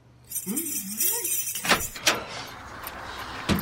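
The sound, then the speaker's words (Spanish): Keys jingle and clink with a bright, steady metallic rattle, a brief low murmured voice at the start, followed by a few sharp knocks and clatters as the door of a consulting office is opened. “¿Dónde están mis llaves? Acá está. ¿Cuál será la puerta? Ahí está, ahí está.”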